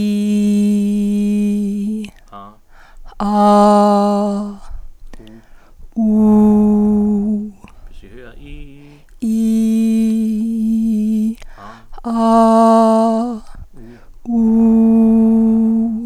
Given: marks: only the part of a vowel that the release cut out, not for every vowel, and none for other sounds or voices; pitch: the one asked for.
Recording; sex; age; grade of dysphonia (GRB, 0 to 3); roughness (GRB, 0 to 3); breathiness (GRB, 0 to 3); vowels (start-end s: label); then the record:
sustained vowels; female; 30 to 39 years; 1; 1; 1
0.00-1.62 s: vowel /i/, normal pitch
3.41-4.27 s: vowel /a/, normal pitch
6.16-7.15 s: vowel /u/, normal pitch
9.30-11.19 s: vowel /i/, high pitch
12.21-13.19 s: vowel /a/, high pitch
14.37-15.79 s: vowel /u/, high pitch
From the record:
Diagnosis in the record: psychogenic dysphonia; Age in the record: 39 years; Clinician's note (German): Phonasthenie